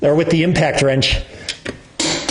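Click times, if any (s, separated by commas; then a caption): 2.0 s. A click-type torque wrench tightens a loose wheel lug nut with a smooth swing, and the wrench clicks at its torque setting at 2.0 s. Someone talks first, then short ticks of the wrench and the nut are heard before the sharp click. The nut is now tightened to the set torque.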